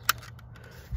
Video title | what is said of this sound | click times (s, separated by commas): 2000 - 2007 Ford F-250, F350 and Excursion replacement of window door switch. Motorcraft OEM. | and put the electrical connection back in you'll hear it click | 0.1 s